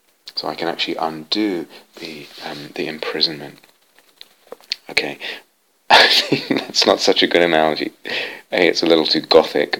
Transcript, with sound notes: So I can actually undo the imprisonment. Okay? [laughs] I think that's not such a good analogy! It's a little too gothic.